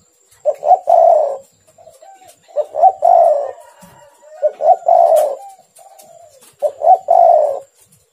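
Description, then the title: Spotted dove singing a steady series of low coos, about one phrase every two seconds: short notes rising into a rolling, drawn-out final coo, with soft trailing notes after each. "Tekukur"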